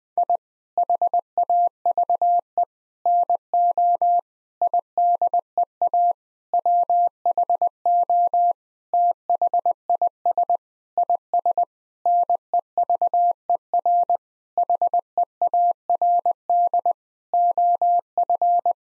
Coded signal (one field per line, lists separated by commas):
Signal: Morse code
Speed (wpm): 20 wpm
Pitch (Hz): 700 Hz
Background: none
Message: I HAVE NO IDEA WHO THIS IS NEVER HEARD OF